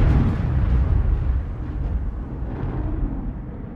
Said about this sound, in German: Vom Donner geweckt schreckt Anna vom Nachtlager, einem einfachen Strohsack. Ihr Herz klopft. Draußen regnet und gewittert es.